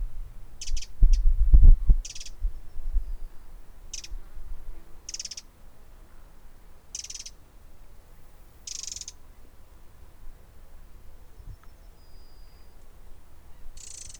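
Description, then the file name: Eurasian wren calls: short, dry, scratchy bursts given irregularly, some in quick pairs, with low thumping and rumbling sounds early on. "Troglodytes troglodytes"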